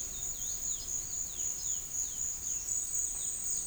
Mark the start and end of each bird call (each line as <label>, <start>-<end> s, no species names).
bird call, 0.00-3.67 s